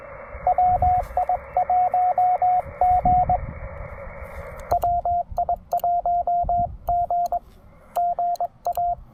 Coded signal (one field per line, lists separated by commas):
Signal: Morse code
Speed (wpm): 22 wpm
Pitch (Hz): 690 Hz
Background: radio noise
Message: WI1G WI1G GA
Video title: Fast & Simple QRP POTA: Table Rock Fish Hatchery with the TR-45L and AX3!